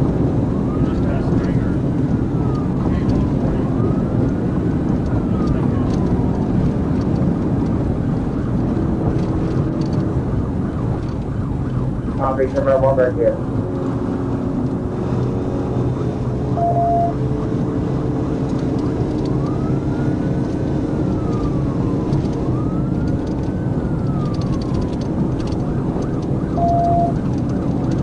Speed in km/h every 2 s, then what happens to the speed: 225, 227, 225, 221, 203, 180, 175, 179, 192, 198, 201, 203, 206, 212.
0-12 brakes to 175. 12-28 speeds up to 212.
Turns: none.